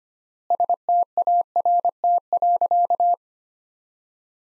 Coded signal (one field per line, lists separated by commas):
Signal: Morse code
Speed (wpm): 25 wpm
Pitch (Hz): 700 Hz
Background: none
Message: START.